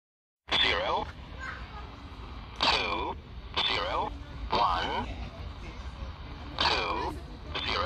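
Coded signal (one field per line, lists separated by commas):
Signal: numbers station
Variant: E07 English Man, English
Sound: short, evenly spaced spoken words, likely digits, in a man's voice through shortwave hiss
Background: radio static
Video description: 11023 kHz USB - E07 "English Man" Numbers Station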